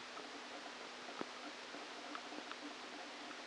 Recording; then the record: brain microelectrode recording played as sound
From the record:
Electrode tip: outside the subthalamic nucleus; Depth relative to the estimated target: -10 mm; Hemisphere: right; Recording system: NeuroSet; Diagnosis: Parkinson's disease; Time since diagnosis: 13 years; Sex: male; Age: 49 years